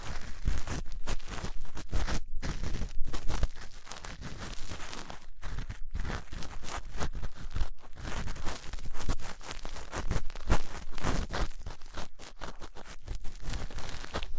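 Ear cleaning sounds with latex gloves, a dental pick and cotton swabs: dense, crackly scratching and rubbing runs nearly the whole time, with a low thumping rumble underneath. Brief silent breaks cut in around two, five to six, eight and twelve seconds.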